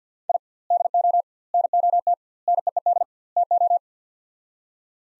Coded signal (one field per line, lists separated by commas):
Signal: Morse code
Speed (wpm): 45 wpm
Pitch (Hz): 700 Hz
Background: none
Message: I DO NOT NEED TO